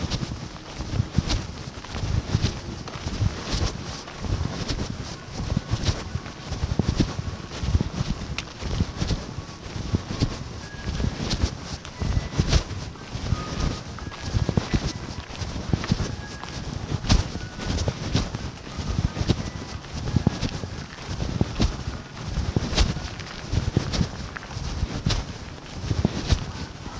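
Dawn at NIRD Hyderabad, with a constant rough rush of wind buffeting the microphone in low gusts throughout. Short bird calls and chirps come through intermittently above it, scattered across the whole clip, with faint thin tones here and there.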